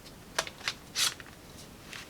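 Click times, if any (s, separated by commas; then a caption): none. The second detachable Nintendo Switch Joy-Con controller is handled as it is lined up to slide into the plastic Joy-Con grip, producing brief dry plastic taps around 0.4 s and 0.7 s, a short rubbing scrape near 1.0 s, and a faint tick near 2.0 s. Nothing has clicked or seated yet when the clip ends.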